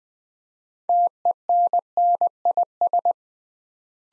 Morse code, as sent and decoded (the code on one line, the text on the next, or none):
- . -. -. .. ...
TENNIS